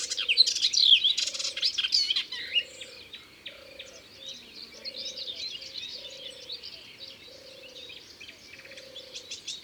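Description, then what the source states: Melodious warbler with a loud burst of hurried, jumbled warbling at first, then a quieter twittering run, as a low even hoot sounds roughly every second. Recorded in Ardèche.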